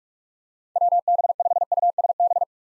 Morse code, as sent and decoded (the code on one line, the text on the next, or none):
.-- -... ..... ..- ... -...
WB5USB